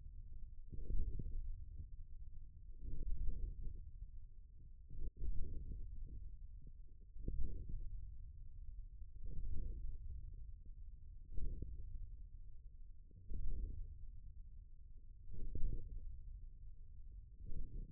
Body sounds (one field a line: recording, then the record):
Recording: forearm muscle sounds (acoustic myography)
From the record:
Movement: wrist extension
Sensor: system 1, eight BSWA MPA416 microphones around the upper forearm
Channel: 6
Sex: male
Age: 41 years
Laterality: right